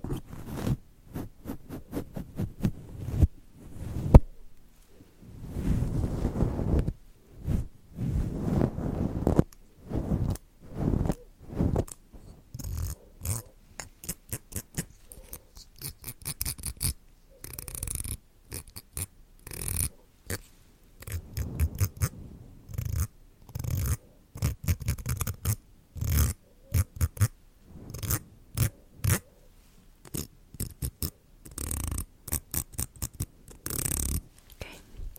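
Mic triggers for a haircut and scalp check, with treatment applied on the mic: a steady run of quick scratching and brushing strokes. Heavier, deeper rubs crowd the first ten seconds, then the strokes turn shorter and crisper, with bright hissy bursts every few seconds.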